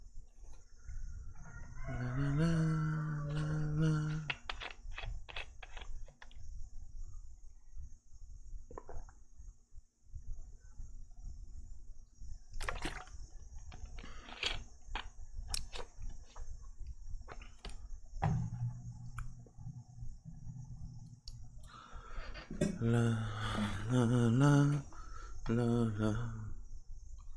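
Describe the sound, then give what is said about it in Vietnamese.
A steady, high-pitched buzz of cicadas outside drones without pause through the whole recording, while loud, drawn-out farm animal calls break in a few times, with scattered clicks and knocks between them. “Bên ngoài thì hiện giờ cái tiếng ve kêu nó khá là to.”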